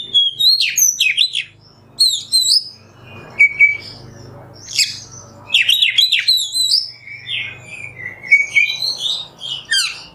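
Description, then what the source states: Oriental magpie-robin song in repeated bursts of high, slurred whistles and chips, separated by short pauses over a faint low hum. Kacer masteran (tutor song for training songbirds) in the nembak song style.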